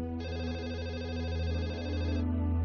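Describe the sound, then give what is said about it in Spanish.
At 6:30, a telephone rings with a steady, warbling electronic tone that holds for about two seconds and then stops. No one speaks. “Y a las 6:30, tal y como esperaba, sonó el teléfono.”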